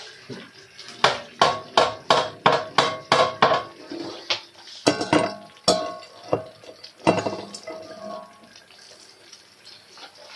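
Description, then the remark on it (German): Pots and dishes clatter while someone cooks and drains food, in a quick, rhythmic run of sharp metallic knocks, then give way to a few louder, irregular clanks and bumps with a faint wash of water underneath. “Aua, das ist alles so heiß, wenn man kocht.”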